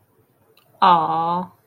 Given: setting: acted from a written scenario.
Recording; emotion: vocal sound without words; adoration